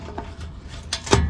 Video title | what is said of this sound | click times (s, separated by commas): FishBone OffRoad 3rd Gen Tacoma Rear Bumper Install with DirtCom Trail Swing | just push it in until you hear a click | 0.9 s